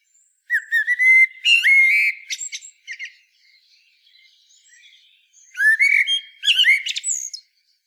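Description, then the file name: Common blackbird song: two phrases, each a mellow fluted warble followed by a thin, squeaky, high twittering flourish, with faint soft twitters between them. "Turdus merula"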